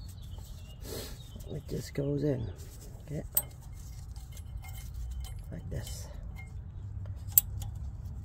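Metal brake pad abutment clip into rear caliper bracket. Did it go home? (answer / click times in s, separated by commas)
yes / 7.4 s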